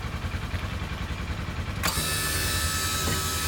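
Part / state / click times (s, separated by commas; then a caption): spring-loaded plow mount pin into truck plow frame mount / not seated / none. A snow plow is being raised from the switch on its side so its spring-loaded steel mounting pins flip over toward the truck's plow frame mount. A low, steady rumble runs throughout, and at about 1.9 s a bright, broadband whirring noise starts and holds to the end. Nothing has seated or clicked yet; the pins have not snapped into the mount.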